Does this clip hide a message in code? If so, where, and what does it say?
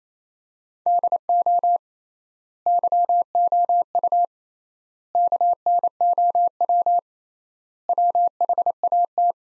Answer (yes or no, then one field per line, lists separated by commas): yes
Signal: Morse code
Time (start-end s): 0.9-9.3 s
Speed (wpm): 28 wpm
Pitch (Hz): 700 Hz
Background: none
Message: DO YOU KNOW WHAT